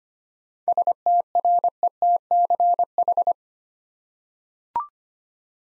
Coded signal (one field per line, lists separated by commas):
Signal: Morse code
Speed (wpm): 25 wpm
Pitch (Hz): 700 Hz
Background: none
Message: STRETCH